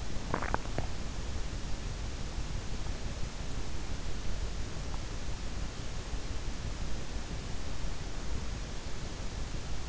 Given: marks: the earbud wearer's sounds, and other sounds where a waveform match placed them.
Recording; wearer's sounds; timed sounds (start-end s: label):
sounds in sleep by an in-ear microphone; swallowing
0.00-1.03 s: swallowing